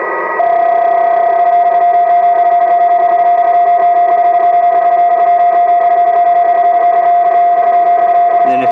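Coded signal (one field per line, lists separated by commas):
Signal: PSK31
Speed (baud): 31.25 baud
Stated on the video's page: PSK31 on the 20 meter HF band, made through a USB soundcard device, tutorial contacts.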